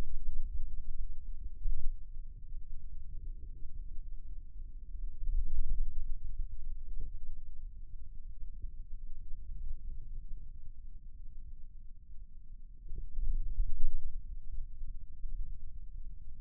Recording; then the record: forearm muscle sounds (acoustic myography)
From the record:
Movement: ulnar deviation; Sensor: system 2, bracelet of six BSWA MPA416 microphones around the upper forearm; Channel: 1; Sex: male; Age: 22 years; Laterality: right